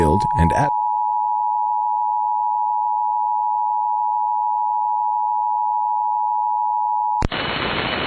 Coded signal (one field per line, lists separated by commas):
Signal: Emergency Alert System (SAME) tones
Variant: 853 and 960 Hz attention tone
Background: speech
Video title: The Floodz Don't Stop | EAS Alerts from 10/10/2022 (EAS #2060-2064)